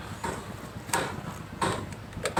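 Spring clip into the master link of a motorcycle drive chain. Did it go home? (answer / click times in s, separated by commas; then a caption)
no / none. Pliers squeeze the spring clip onto the master link of a motorcycle drive chain while the rear wheel of a Wave110i LED is being assembled. Several short, sharp handling ticks and scrapes sound at about 0.2, 0.9, 1.6 and 2.3 seconds over a low background hiss. The clip has not yet snapped into its locking position, and nothing has seated.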